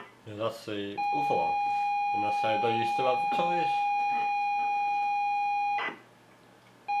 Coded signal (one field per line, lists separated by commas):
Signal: ZX Spectrum tape loading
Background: speech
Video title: Monty on the Run ZX spectrum loading Crash Powertape version